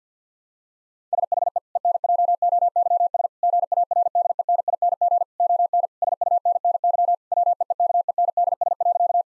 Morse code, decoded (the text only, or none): SHE ENJOYS GARDENING ON SUNNY WEEKENDS.